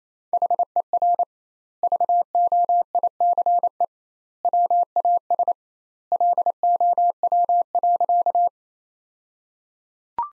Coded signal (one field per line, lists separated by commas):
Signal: Morse code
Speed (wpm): 28 wpm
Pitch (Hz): 700 Hz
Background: none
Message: HER VOICE WAS LOW.